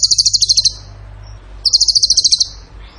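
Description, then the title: Bird song: two bursts of a very rapid, high, rattling trill, each under a second long, separated by a quiet gap with faint background hiss. Masteran training recording; tembakan gacor song style. "Masteran Burung Tembakan Gacor"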